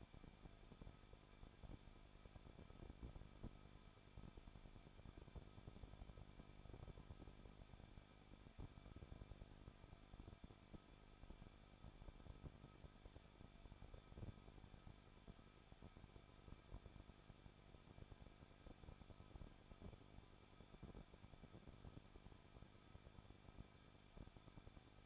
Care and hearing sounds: daily activity, microphone in the room; no activity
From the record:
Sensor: 5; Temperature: 20.8 degrees Celsius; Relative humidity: 38.6%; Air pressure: 1006.5 hPa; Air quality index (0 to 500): 192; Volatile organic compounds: 21 ppm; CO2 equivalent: 2720 ppm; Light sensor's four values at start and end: 2/3/1/1 and 2/3/1/1

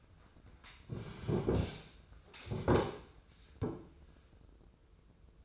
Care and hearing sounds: daily activity, microphone in the room; sit down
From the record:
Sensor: 2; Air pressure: 995.8 hPa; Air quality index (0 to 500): 241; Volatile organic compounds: 1000 ppm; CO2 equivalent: 5936 ppm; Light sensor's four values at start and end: 25/60/26/29 and 26/63/27/31

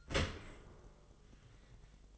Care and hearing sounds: daily activity, microphone in the room; open dishwasher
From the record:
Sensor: 4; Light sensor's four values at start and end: 12/26/10/10 and 11/26/10/10

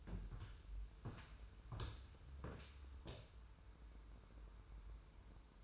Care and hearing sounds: daily activity, microphone in the room; walk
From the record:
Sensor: 2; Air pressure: 994.2 hPa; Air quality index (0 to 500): 205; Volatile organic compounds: 1000 ppm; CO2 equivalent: 6756 ppm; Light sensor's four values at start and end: 69/159/67/65 and 73/169/70/69

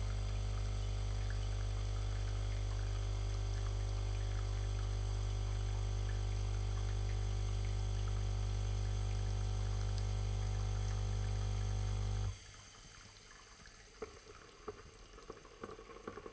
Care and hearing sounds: daily activity, microphone in the room; make coffee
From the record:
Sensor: 4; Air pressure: 1002.9 hPa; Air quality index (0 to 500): 247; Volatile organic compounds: 20 ppm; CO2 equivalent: 2689 ppm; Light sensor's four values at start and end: 4/10/4/4 and 4/10/4/4

